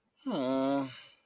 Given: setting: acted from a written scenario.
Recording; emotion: vocal sound without words; sadness